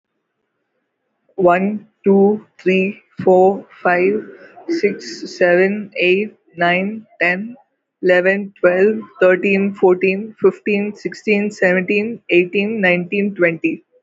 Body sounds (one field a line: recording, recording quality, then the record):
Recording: counting at a normal pace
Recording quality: excellent, no background noise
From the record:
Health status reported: healthy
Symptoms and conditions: none ticked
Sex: female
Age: 32 years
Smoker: not ticked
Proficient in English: yes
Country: India